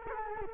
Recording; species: mosquito wingbeat signal from an infrared sensor; Culex quinquefasciatus